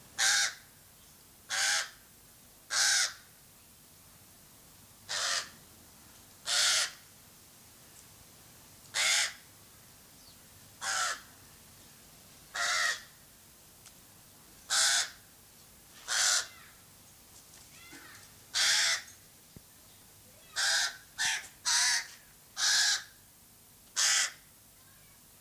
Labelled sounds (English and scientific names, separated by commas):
Pied Crow (Corvus albus) call